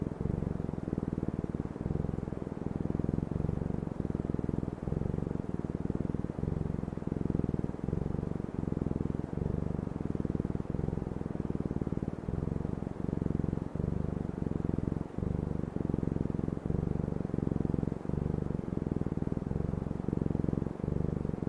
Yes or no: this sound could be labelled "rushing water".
no